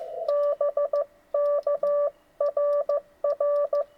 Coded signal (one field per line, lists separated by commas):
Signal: Morse code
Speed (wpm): 15 wpm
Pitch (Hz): 580 Hz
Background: none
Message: BK RR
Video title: POTA at Long Pond Part 1: Thursday Night